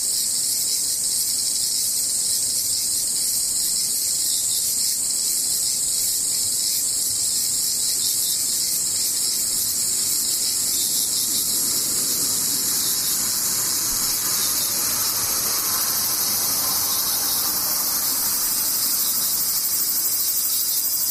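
Cicadas drone without pause, a dense, bright shrill buzz that fills the upper range for the whole twenty seconds at a steady level. Underneath, a soft low rumble swells gently around the middle and fades again, with faint scattered ticks.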